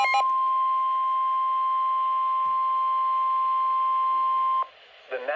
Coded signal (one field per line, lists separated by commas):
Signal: Emergency Alert System (SAME) tones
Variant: 1050 Hz attention tone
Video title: (EAS #2)Severe Thunderstorm Warning May 2nd, 2024 From NOAA Weather Radio Station From KW039 Chicago